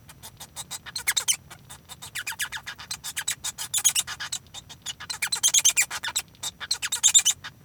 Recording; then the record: song of a male Bengalese finch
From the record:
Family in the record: son of father 1